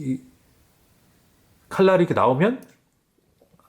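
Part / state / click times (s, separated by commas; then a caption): liner lock in a folding pocket knife handle / seated / 3.6 s. A folding pocket knife's blade is opened, and the metal liner in the handle springs inward behind it to lock the blade open and support it. Someone talks first, then a few faint ticks are followed by a sharp, short click at 3.6 s as the liner lock engages and seats.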